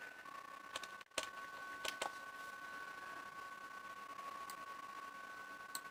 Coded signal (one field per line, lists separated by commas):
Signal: PSK31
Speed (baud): 31.25 baud